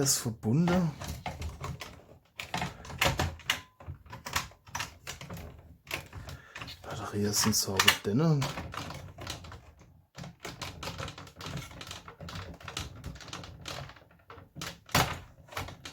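A plastic part, likely the battery-area piece, is handled and pressed toward the blaster housing while someone talks, producing a series of sharp plastic clicks and taps. Nothing has seated or clicked into place yet.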